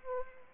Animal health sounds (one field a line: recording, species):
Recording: mosquito wingbeat signal from an infrared sensor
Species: Anopheles arabiensis